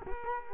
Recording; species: mosquito wingbeat signal from an infrared sensor; Culex quinquefasciatus